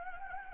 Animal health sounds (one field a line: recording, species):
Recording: mosquito wingbeat signal from an infrared sensor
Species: Anopheles gambiae